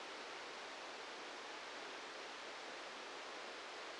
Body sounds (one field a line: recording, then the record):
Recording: brain microelectrode recording played as sound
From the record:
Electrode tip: outside the subthalamic nucleus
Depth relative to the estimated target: -3 mm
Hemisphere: right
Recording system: NeuroSet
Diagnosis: Parkinson's disease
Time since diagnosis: 7 years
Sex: male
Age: 44 years